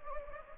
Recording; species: mosquito wingbeat signal from an infrared sensor; Anopheles gambiae